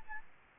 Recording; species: mosquito wingbeat signal from an infrared sensor; Aedes albopictus